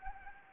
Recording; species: mosquito wingbeat signal from an infrared sensor; Anopheles gambiae